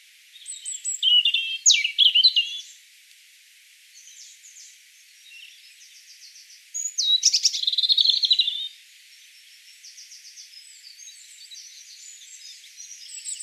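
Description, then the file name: European robin song with two loud phrases of varied, tinkling, high-pitched notes and trills, plus quieter soft twittering between them. "Erithacus rubecula"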